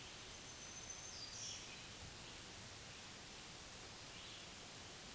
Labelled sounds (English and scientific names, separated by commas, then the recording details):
Black-throated Green Warbler (Setophaga virens) song
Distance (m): 45 m
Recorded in a Pennsylvania forest on 1 June 2023 at 08:46
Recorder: AudioMoth, point grid3_26_high
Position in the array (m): 189 m, 22 m